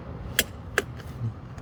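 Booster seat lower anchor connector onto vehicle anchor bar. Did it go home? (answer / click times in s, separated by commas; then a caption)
yes / 0.4 s, 0.8 s. The second lower anchor connector of a Britax Highpoint booster seat, on the other side, is latched onto the vehicle's lower anchor bar. Two loud, sharp snaps are heard at 0.4 s and 0.8 s, followed by a faint tick near 1.6 s. The connector clicks in and is seated.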